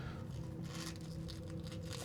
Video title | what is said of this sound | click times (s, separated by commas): Why NECA's Howling Werewolf Fails (Almost!) To Be Perfect - Honest Review | Get back off. Hear it pop off. | 1.9 s